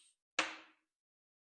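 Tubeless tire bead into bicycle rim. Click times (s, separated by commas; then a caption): 0.4 s. As a tubeless tire on a Trek Marlin bicycle, converted with regular tools, is inflated to 50 PSI, a faint brief hiss is followed by a single sharp, bright pop at 0.4 s that rings out and fades within about half a second. This is the rest of the tire bead popping into place on the rim, and the bead is now seated.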